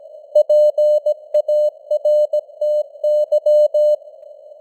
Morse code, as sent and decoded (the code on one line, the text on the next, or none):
.--. .- .-. - -.--
PARTY